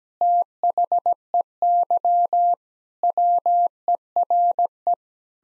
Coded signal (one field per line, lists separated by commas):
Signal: Morse code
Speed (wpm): 17 wpm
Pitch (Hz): 700 Hz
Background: none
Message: THEY WERE